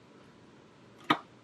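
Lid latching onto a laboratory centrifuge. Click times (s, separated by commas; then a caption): 1.1 s. After the tubes are balanced, the lid of a laboratory centrifuge is closed and secured. Over a quiet background, a single sharp latch click sounds at 1.1 s as the lid latches shut.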